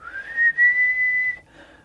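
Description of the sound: An adult whistles a sustained high-pitched tone, rising briefly at the start and then holding steady, imitating a higher-pitched tinnitus whistle as opposed to the deep humming kind of tinnitus.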